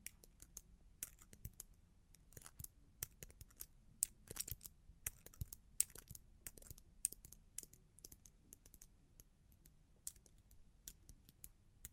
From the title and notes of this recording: Long Claws Tapping and Scratching (No Talking).